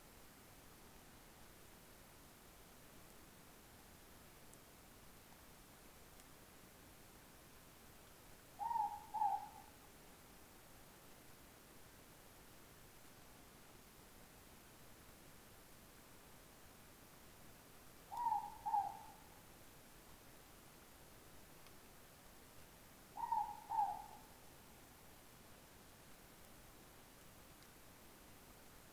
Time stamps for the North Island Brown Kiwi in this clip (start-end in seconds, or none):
none